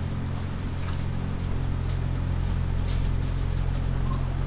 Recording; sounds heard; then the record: poultry house recording; sick chickens (respiratory disease)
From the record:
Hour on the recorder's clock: 0